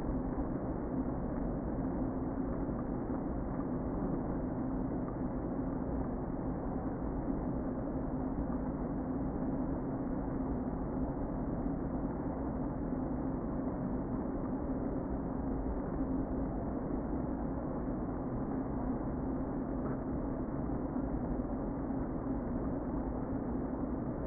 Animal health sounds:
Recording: honeybee colony, microphone inside the hive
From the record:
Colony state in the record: queen present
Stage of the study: before two queens were removed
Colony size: about 60,000 bees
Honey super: yes

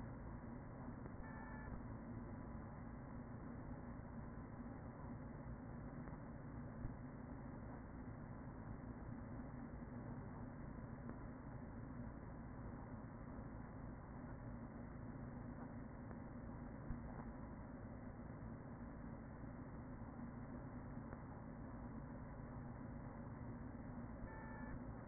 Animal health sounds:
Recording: honeybee colony, microphone inside the hive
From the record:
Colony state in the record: queen present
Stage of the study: after two queens were removed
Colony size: about 40,000 bees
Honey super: no

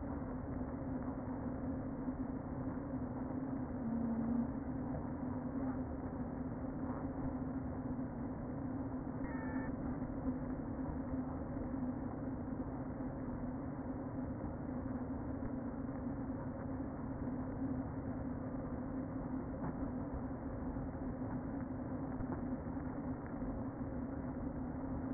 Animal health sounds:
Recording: honeybee colony, microphone inside the hive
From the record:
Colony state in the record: queen present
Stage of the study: before two queens were removed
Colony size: about 60,000 bees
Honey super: yes

